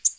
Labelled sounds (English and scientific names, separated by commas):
Tennessee Warbler (Leiothlypis peregrina) flight call